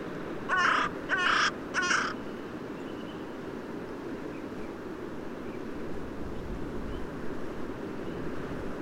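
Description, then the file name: Carrion crow cawing: three harsh, rasping caws in quick succession, then steady background noise for the rest. "Corvus corone"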